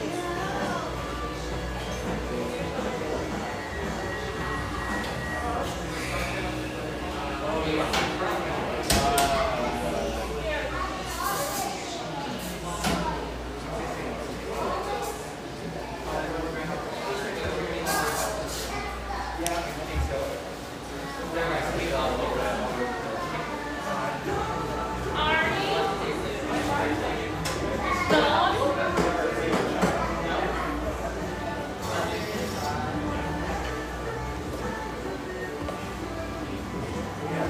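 A cafe in Portland's Grant Park neighborhood fills with a steady murmur of overlapping conversation, voices rising and falling throughout. Sharp clinks and clatters of dishes or cups cut through every few seconds, over a constant low hum beneath the chatter.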